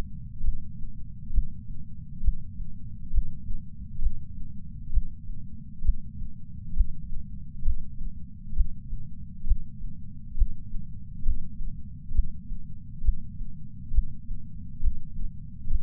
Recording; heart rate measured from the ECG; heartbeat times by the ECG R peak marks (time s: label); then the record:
heart sounds by patch sensor on the chest; 67 bpm
0.43 s: heartbeat
1.32 s: heartbeat
2.23 s: heartbeat
3.12 s: heartbeat
4.01 s: heartbeat
4.92 s: heartbeat
5.83 s: heartbeat
6.75 s: heartbeat
7.64 s: heartbeat
8.55 s: heartbeat
9.46 s: heartbeat
10.36 s: heartbeat
11.25 s: heartbeat
12.13 s: heartbeat
13.03 s: heartbeat
13.93 s: heartbeat
14.82 s: heartbeat
15.69 s: heartbeat
From the record:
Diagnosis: coronary artery disease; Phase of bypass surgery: preoperative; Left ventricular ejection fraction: 65.2%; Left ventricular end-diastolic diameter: 45 mm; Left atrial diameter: 36 mm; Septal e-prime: 3.6 cm/s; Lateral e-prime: 5.4 cm/s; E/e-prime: 13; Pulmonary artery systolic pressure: 22 mmHg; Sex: female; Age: 69 years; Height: 148 cm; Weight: 51 kg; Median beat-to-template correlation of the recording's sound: 0.94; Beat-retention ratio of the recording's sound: 0.99